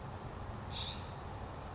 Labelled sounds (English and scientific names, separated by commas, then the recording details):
California Scrub-Jay (Aphelocoma californica)
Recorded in Sonoma County, California